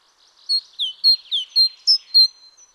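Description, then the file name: Great tit calling: a quick series of seven short, high, clear notes, some sliding downward and others flat, with fainter twittering around them. "Parus major"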